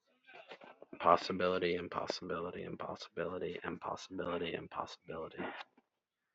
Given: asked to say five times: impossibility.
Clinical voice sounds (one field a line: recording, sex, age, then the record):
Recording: repeated word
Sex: male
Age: 30 to 39 years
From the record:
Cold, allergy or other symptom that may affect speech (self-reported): no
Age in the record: 33 years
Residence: Rhode Island, United States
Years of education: 12